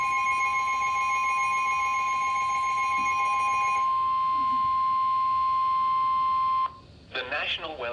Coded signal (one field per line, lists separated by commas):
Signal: Emergency Alert System (SAME) tones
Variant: 1050 Hz attention tone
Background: speech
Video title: EAS #272 (Severe Thunderstorm Warning)